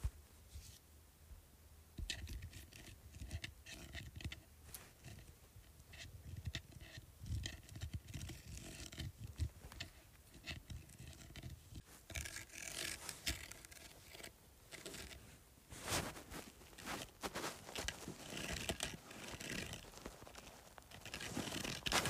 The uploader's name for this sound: Scratching Bumpy Surface